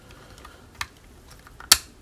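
A strap lug on a Bronica S2 camera body is pressed in, its small wing is lifted to release it from the lug mount, and the lug is lifted off. Faint handling ticks lead to a light tap at 0.8 s and a sharp, loud click at 1.7 s as the lug releases. The strap lug comes free and is lifted off the camera body.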